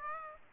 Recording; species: mosquito wingbeat signal from an infrared sensor; Aedes aegypti